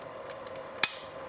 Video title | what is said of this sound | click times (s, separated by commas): FPV RC CAR PROJECT - Part 3 - DJI RACING EDITION GOGGLES | just like that, until you hear that click, and there you go. | 0.8 s